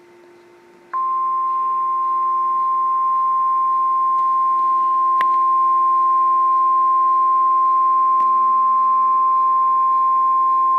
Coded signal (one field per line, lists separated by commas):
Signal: Emergency Alert System (SAME) tones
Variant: 1050 Hz attention tone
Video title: Flash Flood Warning on KEC55 (EAS #1125)